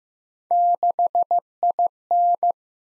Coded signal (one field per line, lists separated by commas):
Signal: Morse code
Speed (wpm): 15 wpm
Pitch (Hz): 700 Hz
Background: none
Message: 6IN